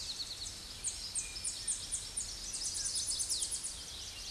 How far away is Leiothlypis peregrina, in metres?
about 30 m